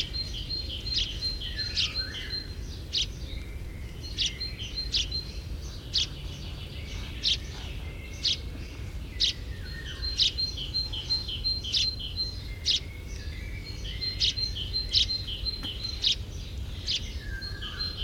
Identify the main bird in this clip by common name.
White-tailed Eagle